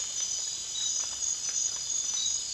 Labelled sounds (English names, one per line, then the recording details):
none
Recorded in dense forest near Puerto Asís, Putumayo, Colombia, on 25 June 2025 at 00:00
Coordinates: 0.466, -76.327
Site GP04